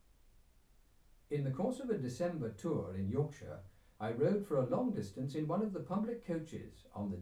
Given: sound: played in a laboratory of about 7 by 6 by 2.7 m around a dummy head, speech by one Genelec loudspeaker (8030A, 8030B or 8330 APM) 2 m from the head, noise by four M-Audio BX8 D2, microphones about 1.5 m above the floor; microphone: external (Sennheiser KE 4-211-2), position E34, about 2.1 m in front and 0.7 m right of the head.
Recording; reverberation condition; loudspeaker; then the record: male speech in English; low; 90 degrees to the right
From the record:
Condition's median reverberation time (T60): about 310 ms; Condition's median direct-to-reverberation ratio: about 3.5 dB